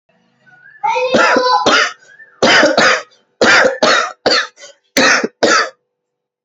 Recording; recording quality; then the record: heavy voluntary cough; moderate, slight background noise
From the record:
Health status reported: respiratory illness, not identified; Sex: male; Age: 36 years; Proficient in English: yes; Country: India